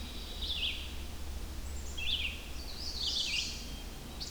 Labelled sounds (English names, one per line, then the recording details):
Red-eyed Vireo song
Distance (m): 25 m
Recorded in boreal forest in Alberta, Canada, on 21 June 2016 at 06:36
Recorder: SongMeter 3, array SBT-6-81
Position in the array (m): 162 m, 58 m